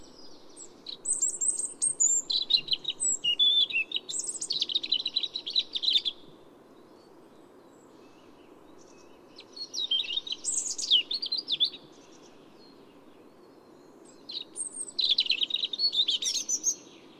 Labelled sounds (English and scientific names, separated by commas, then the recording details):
European Robin (Erithacus rubecula) song
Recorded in the wild
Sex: male
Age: adult
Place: Schönow, Naturpark Barnim, Brandenburg, DE
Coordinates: 52.6858, 13.5347
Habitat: forest
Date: 2005-03-28
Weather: fair, ca. 3 - 4°C, weak winds
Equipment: Tascam DA-P1, Telinga Pro 5
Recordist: Frommolt, Karl-Heinz